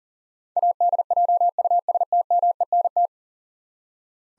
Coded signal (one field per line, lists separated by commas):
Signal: Morse code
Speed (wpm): 40 wpm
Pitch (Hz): 700 Hz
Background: none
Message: ADJUSTMENT